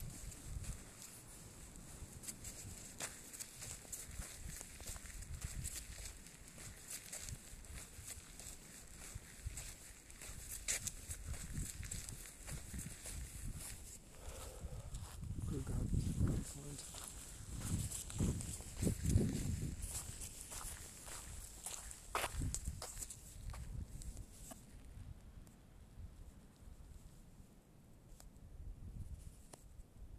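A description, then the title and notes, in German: Footsteps crunch irregularly over a low, gusting wind rumble, with short sharp clicks scattered throughout. The wind swells strongest between about 15 and 20 seconds. A thin high hiss runs steadily in the background and fades out near the 25-second mark. Schritte Windwellen.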